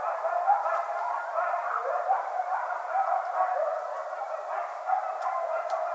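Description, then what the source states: Coyotes in a dense, continuous chorus of overlapping calls, with a few faint clicks. Several coyotes; recorded 14 January 2012.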